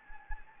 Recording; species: mosquito wingbeat signal from an infrared sensor; Anopheles gambiae